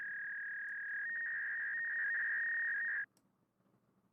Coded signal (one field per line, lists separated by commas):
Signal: fax machine handshake